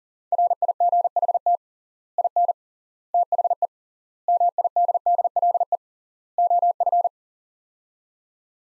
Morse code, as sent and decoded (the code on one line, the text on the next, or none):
.-. .. --. .... - / .. -. / - .... . / -- .. -.. -.. .-.. . / --- ..-.
RIGHT IN THE MIDDLE OF